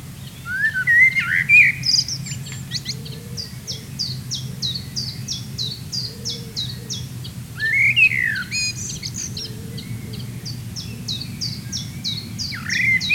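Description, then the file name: Common blackbird singing three fluted, warbled phrases, each ending in high squeaks, while another bird keeps up rapid repeated high notes; constant low rumble underneath. "Turdus merula"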